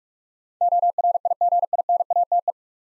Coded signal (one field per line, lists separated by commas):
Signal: Morse code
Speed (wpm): 44 wpm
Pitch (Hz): 700 Hz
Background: none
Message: ORIGINATE